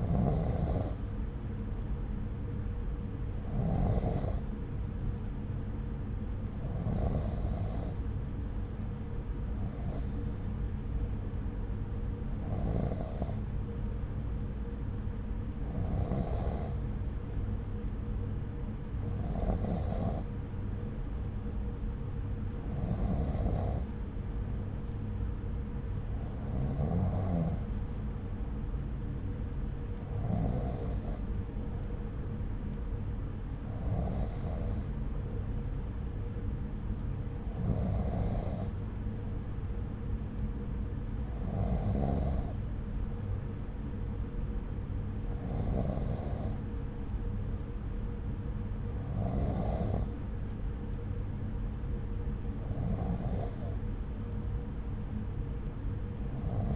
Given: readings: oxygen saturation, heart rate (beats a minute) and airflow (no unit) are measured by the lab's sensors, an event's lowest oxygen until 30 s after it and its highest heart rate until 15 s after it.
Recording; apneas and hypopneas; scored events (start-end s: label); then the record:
breathing in sleep by a smartphone at the bedside; none
none scored
From the record:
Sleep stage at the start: N2 (light sleep); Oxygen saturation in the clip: 93 to 94%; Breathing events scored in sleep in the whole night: 303 in 8.1 hours asleep